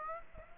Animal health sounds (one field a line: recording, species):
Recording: mosquito wingbeat signal from an infrared sensor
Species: Aedes aegypti